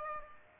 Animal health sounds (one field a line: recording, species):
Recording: mosquito wingbeat signal from an infrared sensor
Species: Aedes aegypti